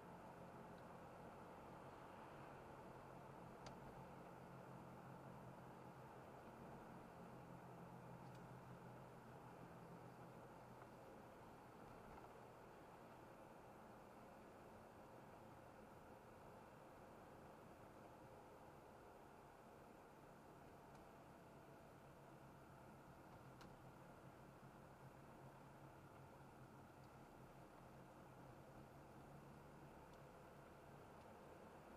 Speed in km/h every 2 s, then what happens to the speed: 48, 49, 47, 47, 44, 44, 40, 44, 39, 38, 38, 35, 35, 36, 38, 40.
0-22 slows to 35. 22-28 steady at about 35.